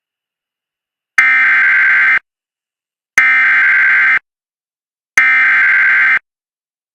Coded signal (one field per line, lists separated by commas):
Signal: Emergency Alert System (SAME) tones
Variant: header bursts